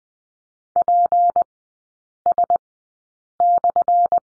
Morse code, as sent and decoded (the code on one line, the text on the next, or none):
.--. ... -..-.
PS/